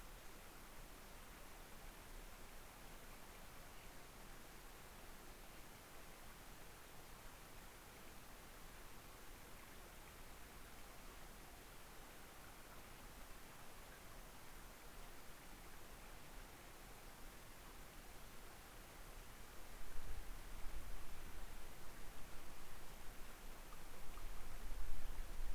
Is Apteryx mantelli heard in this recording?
no